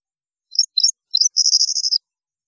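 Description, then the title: European goldfinch song: three quick high twitters followed by a steady, buzzy rattling trill lasting about half a second. "Chant Chardonneret"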